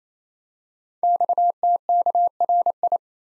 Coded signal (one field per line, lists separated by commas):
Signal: Morse code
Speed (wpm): 27 wpm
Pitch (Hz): 700 Hz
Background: none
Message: XTKRI